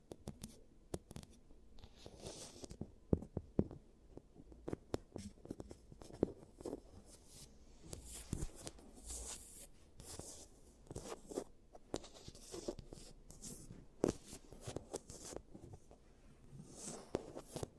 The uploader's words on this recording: ASMR Giant Teeth Treatment, Fixing Your Cavities (No Talking).